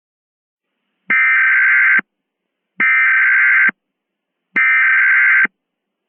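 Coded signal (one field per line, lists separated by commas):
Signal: Emergency Alert System (SAME) tones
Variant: header bursts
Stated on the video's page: Simulated EAS mock using valid SAME tones.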